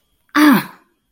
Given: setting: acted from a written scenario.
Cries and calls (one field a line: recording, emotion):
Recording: vocal sound without words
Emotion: pain